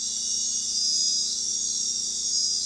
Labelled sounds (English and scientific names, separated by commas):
none